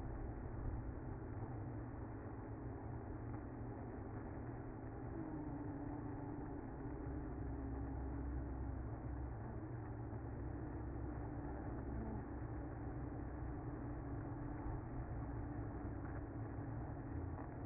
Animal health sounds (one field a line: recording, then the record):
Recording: honeybee colony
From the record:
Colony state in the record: active